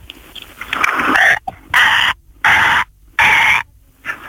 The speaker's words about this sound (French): Écoute, faudrait que t'écoutes le cri du bébé crocodile. Alors vas-y, je suis tout ouïe.